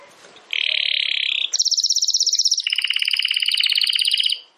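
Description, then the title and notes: Domestic canary song: a smooth trilled note, then a higher rattling tour dropping into a lower, rapidly pulsed trill. Belgian canary singing; recording labelled Campainha. "Canário Belga Campainha Canary Singing. Canario Belga Cantando"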